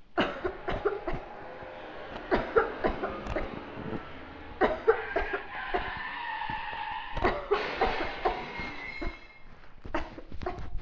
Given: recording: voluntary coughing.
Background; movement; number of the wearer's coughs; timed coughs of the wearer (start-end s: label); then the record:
traffic; walking; 15
0.15-0.58 s: cough
0.66-0.96 s: cough
1.05-1.33 s: cough
2.29-2.78 s: cough
2.81-3.22 s: cough
3.33-3.60 s: cough
4.58-5.03 s: cough
5.13-5.43 s: cough
5.71-5.91 s: cough
7.19-7.63 s: cough
7.78-8.14 s: cough
8.22-8.37 s: cough
8.88-9.29 s: cough
9.92-10.22 s: cough
10.32-10.65 s: cough
From the record:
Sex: female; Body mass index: 18.8 kg/m2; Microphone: on the chest, facing outward